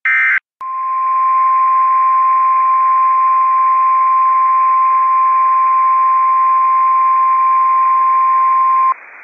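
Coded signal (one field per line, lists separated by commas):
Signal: Emergency Alert System (SAME) tones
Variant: 1050 Hz attention tone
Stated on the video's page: NOAA Weather Radio weekly test alerts.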